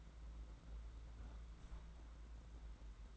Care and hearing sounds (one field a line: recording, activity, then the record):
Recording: daily activity, microphone in the room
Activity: close fridge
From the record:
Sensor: 3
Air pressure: 991.8 hPa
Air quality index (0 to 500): 215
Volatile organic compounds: 1000 ppm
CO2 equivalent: 7353 ppm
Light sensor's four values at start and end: 32/95/39/33 and 32/95/39/33